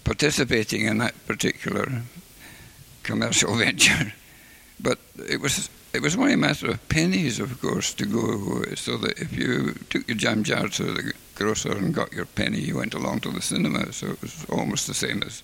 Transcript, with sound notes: participating in that particular commercial venture. [laughs] But it was only a matter of pennies of course to go, so that if you took your jam jar to the grocer and got your penny you went along to the cinema, so it was almost the same as